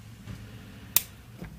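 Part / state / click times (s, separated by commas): bipod leg height detent on a rifle bipod / seated / 1.0 s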